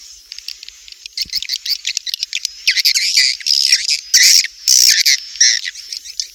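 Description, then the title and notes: Swiftlet twittering calls, dense high-pitched chirps and trills in irregular bursts with short pauses, growing busier midway. Swiftlet sound used for swiftlet bird farming in Asia. "Swiflet Bird Sound. Farming Swiflet Bird asia sound"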